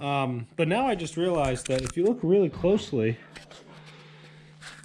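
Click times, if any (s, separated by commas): none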